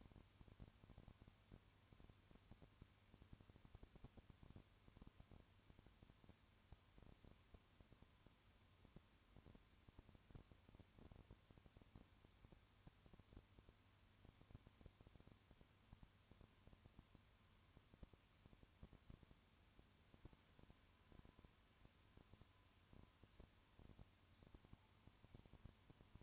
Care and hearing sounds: daily activity, microphone in the room; no activity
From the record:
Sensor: 2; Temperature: 20.3 degrees Celsius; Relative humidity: 35.5%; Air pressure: 1001.0 hPa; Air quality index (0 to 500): 196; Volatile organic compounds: 5 ppm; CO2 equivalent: 1730 ppm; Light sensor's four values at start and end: 2/3/2/2 and 2/3/2/2

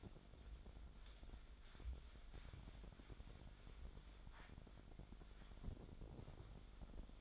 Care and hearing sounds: daily activity, microphone in the room; wipe stove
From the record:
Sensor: 5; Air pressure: 1007.2 hPa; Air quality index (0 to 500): 174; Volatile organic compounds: 4 ppm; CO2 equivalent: 1658 ppm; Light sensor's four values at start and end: 51/143/56/57 and 52/143/57/57

